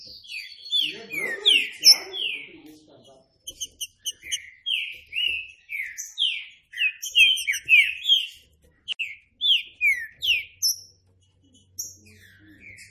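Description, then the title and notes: Green-winged saltator singing a long series of rich, slurred whistles, rising and falling, delivered quickly in phrases with brief pauses; a faint low hum near the end. Classic song style (canto clássico) of the trinca-ferro, presented as a training recording. "Canto Clássico Trinca Ferro TREINAMENTO. trinca fero"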